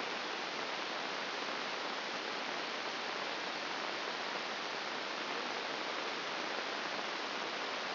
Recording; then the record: brain microelectrode recording played as sound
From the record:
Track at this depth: inside the subthalamic nucleus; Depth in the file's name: 4.302 mm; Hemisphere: left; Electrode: 2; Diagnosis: Parkinson's disease